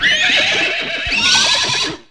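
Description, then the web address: Horse whinnying, a shrill quavering neigh lasting about two seconds, bright and harmonic, fading out at the end. "Greytsounds VOL-1 ANIMAL FX WHINNY"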